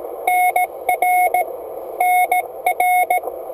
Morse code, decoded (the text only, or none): NR NR